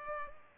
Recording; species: mosquito wingbeat signal from an infrared sensor; Culex pipiens